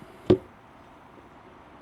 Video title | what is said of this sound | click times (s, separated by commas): Araç Buzdolabı -25C° BougeRV | kolay kalkmıyor sallantıda açılmayacak şekilde biraz güç uyguladıktan sonra tık diye atıyor | 0.3 s